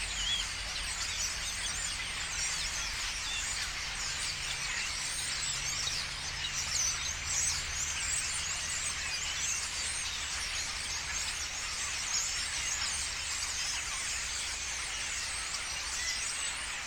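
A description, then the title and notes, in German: Thousands of starlings chatter in a dense, unbroken wash of high squeaks and whistles, with a steady low hum underneath throughout. Stare Am Morgen. Tausende Stare, die sich unterhalten und in kleinen Grüppchen durch den Nebel starten.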